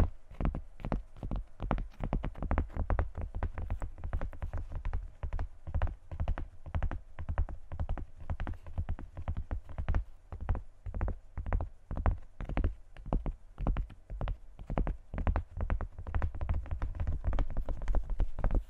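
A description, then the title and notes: Tapping on objects, a fast, steady run of sharp knocks packed closely together for the whole stretch, some landing in quick clusters. The taps are hard, with a dull low thud under each one, and the loudness stays even throughout. ASMR Tapping On Random Objects.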